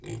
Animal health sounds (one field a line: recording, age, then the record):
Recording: pig call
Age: weaner (32 to 43 days)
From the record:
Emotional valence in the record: negative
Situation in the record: long isolation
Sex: female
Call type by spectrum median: low-frequency call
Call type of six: high-frequency stable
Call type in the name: low-frequency stable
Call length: 0.20 s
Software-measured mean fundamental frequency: 168 Hz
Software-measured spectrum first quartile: 208 Hz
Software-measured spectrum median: 509 Hz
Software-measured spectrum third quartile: 4462 Hz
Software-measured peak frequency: 343 Hz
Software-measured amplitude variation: 136 dB a second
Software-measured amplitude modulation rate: 21.9 a second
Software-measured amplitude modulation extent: 6.2 dB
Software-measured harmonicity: 7.2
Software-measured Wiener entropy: -3.92